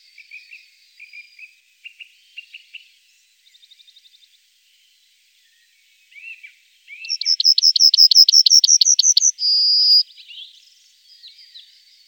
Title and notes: Goldammer. Sounds of birds from Germany, Austria, Switzerland